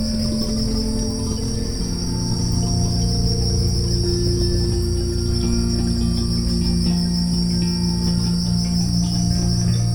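Crickets keep up an unbroken shrill trill while low, held musical tones shift softly underneath.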